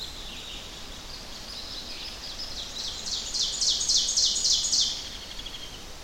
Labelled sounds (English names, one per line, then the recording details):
Ovenbird song
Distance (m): 15 m
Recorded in boreal forest in Alberta, Canada, on 10 June 2016 at 08:13
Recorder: SongMeter 3, array SBT-3-39
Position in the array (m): 234 m, 147 m
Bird 17